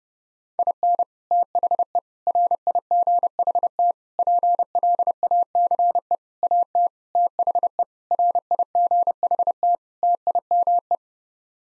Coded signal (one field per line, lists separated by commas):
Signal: Morse code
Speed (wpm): 30 wpm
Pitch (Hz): 700 Hz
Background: none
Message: IN THE RIGHT PLACE AT THE RIGHT TIME